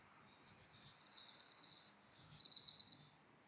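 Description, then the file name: Eurasian blue tit giving two high, thin notes then a lower, slightly falling trill, the whole phrase given twice in quick succession. "Cyanistes caeruleus"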